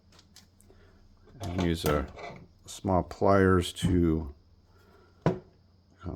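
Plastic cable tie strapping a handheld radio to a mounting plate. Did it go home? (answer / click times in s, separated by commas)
yes / 5.3 s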